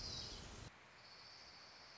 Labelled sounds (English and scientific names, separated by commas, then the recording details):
Orange-crowned Warbler (Leiothlypis celata)
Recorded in Sonoma County, California